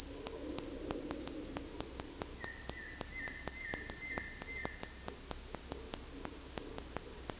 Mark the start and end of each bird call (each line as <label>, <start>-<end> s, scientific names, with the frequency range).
Akletos melanoceps (1.3-3.0 kHz), 2.38-4.87 s